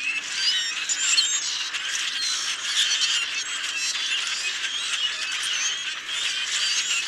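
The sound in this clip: Common grackles in a dense chorus, many birds overlapping with squeaky, creaking and wheezy notes that run without pause through the whole stretch.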